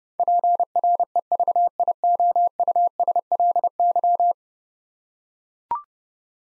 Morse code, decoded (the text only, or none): PREVIOUSLY